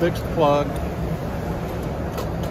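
A fixed twist-lock power plug is handled at an ERS 100 overhead electrified power rail at a trade show booth, before it is turned into the rail to lock. Someone talks over a steady background hum. Nothing has seated or clicked yet.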